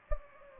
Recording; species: mosquito wingbeat signal from an infrared sensor; Anopheles gambiae